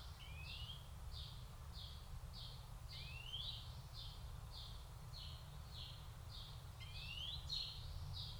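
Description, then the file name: European greenfinch giving an even series of short high notes about twice a second, broken by a few rising sweeps, over constant low background noise. "Chloris chloris"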